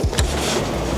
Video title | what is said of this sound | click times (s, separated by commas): 2024 Honda Motocompacto: Revolutionary or Just Ridiculously Small? Full Review and Demo! | okay clicked in close it | 0.2 s